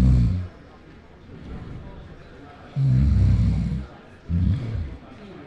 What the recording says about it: Imagine you're lying in bed, you're tired, it's late. You've almost nodded off to sleep, and then this happens. You sleep next to a snorer, and that could be impacting your health, according to experts.